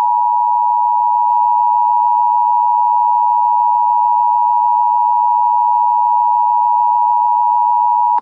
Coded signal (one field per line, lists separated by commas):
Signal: Emergency Alert System (SAME) tones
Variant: 853 and 960 Hz attention tone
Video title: EAS Scenario : KID ON THE LOSE